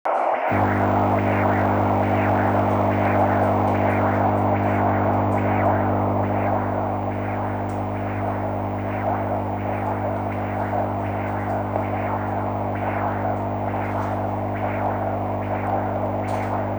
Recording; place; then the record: Doppler ultrasound of blood flow; carotid artery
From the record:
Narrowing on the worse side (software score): occlusion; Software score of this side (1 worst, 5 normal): 2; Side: right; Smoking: current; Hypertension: yes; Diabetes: type 2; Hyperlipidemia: yes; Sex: male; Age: 25 years